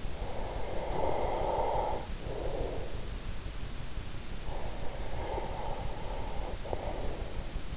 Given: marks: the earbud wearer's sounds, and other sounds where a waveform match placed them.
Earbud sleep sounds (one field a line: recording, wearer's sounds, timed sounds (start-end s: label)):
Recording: sounds in sleep by an in-ear microphone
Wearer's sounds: breath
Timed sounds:
0.00-3.60 s: breath
4.40-7.66 s: breath